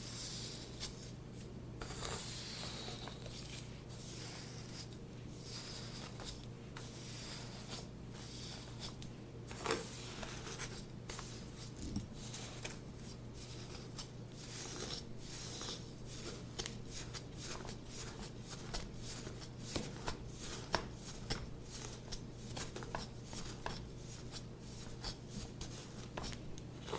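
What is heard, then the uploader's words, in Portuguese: A scalp massage: soft, irregular scratching and rustling taps, growing denser in the second half, over a steady low hum. ASMR de massagem completa no seu couro cabeludo.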